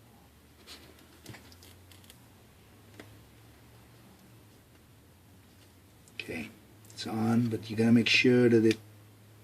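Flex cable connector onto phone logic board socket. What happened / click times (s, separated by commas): Flex connector handled, not yet clicked home / none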